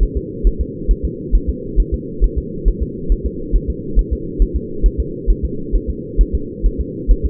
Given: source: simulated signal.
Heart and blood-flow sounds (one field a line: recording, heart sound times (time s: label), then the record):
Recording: fetal heart sounds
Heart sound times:
0.03 s: S1
0.17 s: S2
0.47 s: S1
0.61 s: S2
0.91 s: S1
1.05 s: S2
1.35 s: S1
1.50 s: S2
1.80 s: S1
1.94 s: S2
2.24 s: S1
2.38 s: S2
2.68 s: S1
2.83 s: S2
3.12 s: S1
3.26 s: S2
3.56 s: S1
3.70 s: S2
3.99 s: S1
4.13 s: S2
4.42 s: S1
4.56 s: S2
4.86 s: S1
5.00 s: S2
5.30 s: S1
5.45 s: S2
5.75 s: S1
5.90 s: S2
6.21 s: S1
6.35 s: S2
6.66 s: S1
6.81 s: S2
7.11 s: S1
7.25 s: S2
From the record:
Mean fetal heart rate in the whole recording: 135 bpm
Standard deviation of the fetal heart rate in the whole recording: 3 bpm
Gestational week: 36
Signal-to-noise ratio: -4.3 dB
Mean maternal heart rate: 72 bpm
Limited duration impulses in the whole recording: absent